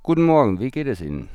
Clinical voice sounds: spoken sentence; German; male; 40 to 49 years; 0; 0; 0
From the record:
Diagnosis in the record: healthy voice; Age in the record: 44 years

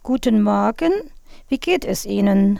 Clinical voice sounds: spoken sentence; German; female; 50 to 59 years; 0; 0; 0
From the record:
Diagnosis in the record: hyperfunctional dysphonia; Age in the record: 57 years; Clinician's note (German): Leichte Tendenz dazu mit Teleangieektasien

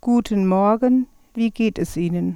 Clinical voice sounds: spoken sentence; German; female; 50 to 59 years; 1; 0; 0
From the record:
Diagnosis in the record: hypofunctional dysphonia, contact pachydermia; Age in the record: 56 years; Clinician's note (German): Leichte Form der hypofunktionellen Dysph.

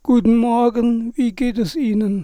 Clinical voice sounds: spoken sentence; German; male; 40 to 49 years; 2; 0; 2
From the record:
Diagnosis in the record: psychogenic dysphonia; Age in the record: 49 years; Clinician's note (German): Depression

